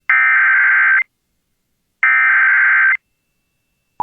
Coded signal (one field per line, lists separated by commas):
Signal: Emergency Alert System (SAME) tones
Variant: header bursts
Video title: EAS Child Abduction Emergency (Dangerous AMBER Alert) Gladstone, Missouri Statewide Alert